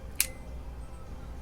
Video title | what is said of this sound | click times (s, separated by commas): Ultra Hardware 44705 Turn Knob Interior Push Button Combination Door Lock | you can see that it'll make a much greater turn and you heard the click | 0.2 s